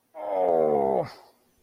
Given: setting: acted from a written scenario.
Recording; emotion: vocal sound without words; pain